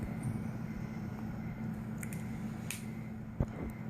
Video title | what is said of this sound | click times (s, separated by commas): How to Repair Galaxy S5 Broken Digitizer - Replace Front Glass Galaxy S5 assembly | heard that snap. So once it's pressed in, it's good. | 2.7 s